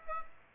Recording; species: mosquito wingbeat signal from an infrared sensor; Aedes aegypti